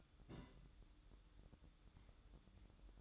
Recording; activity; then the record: daily activity, microphone in the room; place on stove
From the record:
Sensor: 3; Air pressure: 1008.1 hPa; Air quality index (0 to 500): 132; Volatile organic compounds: 2 ppm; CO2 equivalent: 1089 ppm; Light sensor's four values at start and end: 8/19/8/7 and 8/20/8/7